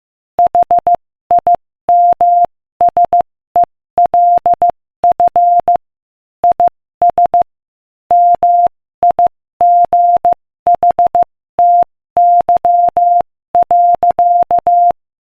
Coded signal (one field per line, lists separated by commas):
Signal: Morse code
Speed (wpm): 15 wpm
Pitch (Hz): 700 Hz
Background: none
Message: HIMSELF IS MIGHTY.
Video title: Morse Code Practice: 15 wpm Inspirational Quote 1